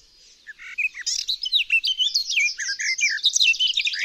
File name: GAJÓWKA